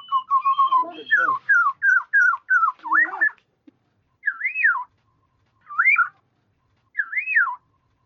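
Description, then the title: Black-naped oriole song: a run of clear slurred whistles, then three separate rising-and-falling fluty phrases. "Kepodang"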